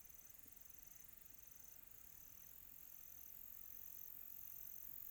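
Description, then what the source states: Cricket calling with short high-pitched trills, each lasting under a second and recurring at a regular pace against quiet ambient hiss. Quiet tropical night.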